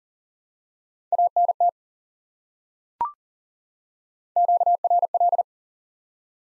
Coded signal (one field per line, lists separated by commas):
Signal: Morse code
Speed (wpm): 40 wpm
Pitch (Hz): 700 Hz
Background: none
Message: ANT QRL